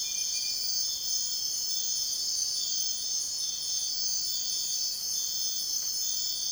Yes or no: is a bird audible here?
no